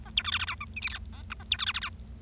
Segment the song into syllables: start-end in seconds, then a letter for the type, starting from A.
0.05-0.10 A, 0.17-0.22 B, 0.24-0.31 C, 0.32-0.38 D, 0.39-0.45 D, 0.47-0.55 E, 0.60-0.65 F, 0.76-0.80 G, 0.82-0.89 H, 0.90-0.98 I, 1.13-1.22 J, 1.30-1.34 K, 1.40-1.43 A, 1.51-1.56 B, 1.59-1.65 C, 1.66-1.72 D, 1.74-1.79 D, 1.81-1.89 E